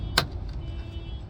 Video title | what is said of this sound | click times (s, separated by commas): Interior door panel install. (2000 toyota sienna) | where the bulges out right here that they connect onto, and it snaps right into that, | 0.2 s